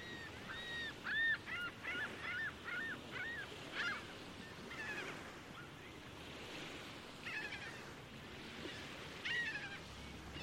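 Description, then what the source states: Gulls giving a run of rhythmic yelping calls, then scattered fainter cries over a hissing background. Several gulls on a busy beach on Lake Ontario.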